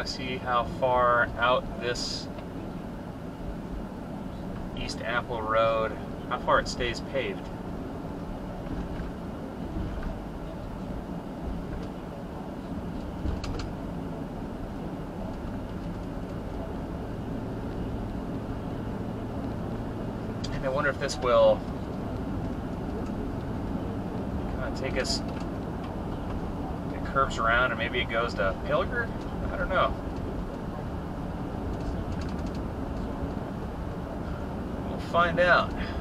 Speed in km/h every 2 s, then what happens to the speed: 35, 40, 42, 48, 50, 48, 50, 52, 53, 56, 60, 63, 68, 68, 69, 69, 72, 74.
0-6 speeds up to 48. 6-17 steady at about 50. 17-24 speeds up to 68. 24-31 steady at about 68.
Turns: none.